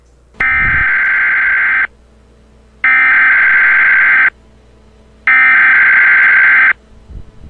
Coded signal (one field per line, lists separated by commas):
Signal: Emergency Alert System (SAME) tones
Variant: header bursts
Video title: Special Weather Statement (MOCK EAS #23)